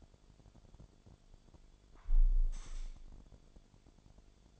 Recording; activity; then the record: daily activity, microphone in the room; close window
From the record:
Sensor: 5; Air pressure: 1006.5 hPa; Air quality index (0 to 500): 183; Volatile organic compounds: 5 ppm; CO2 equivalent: 1742 ppm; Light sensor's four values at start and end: 56/160/62/63 and 56/160/62/63